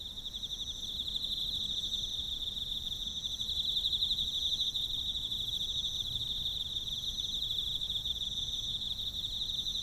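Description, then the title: Emma field cricket singing a steady high, finely pulsed song over faint low background noise. Recorded with a ZOOM F6 recorder and a Sennheiser MK microphone. "エンマコオロギ"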